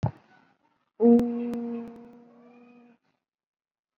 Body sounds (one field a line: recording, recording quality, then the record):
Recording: sustained vowel as in boot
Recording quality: excellent, no background noise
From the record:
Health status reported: COVID-19 positive, moderate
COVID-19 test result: positive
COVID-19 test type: RT-PCR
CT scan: not taken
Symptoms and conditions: cough, cold, another condition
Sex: female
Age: 32 years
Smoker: no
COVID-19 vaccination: none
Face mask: worn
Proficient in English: yes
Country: India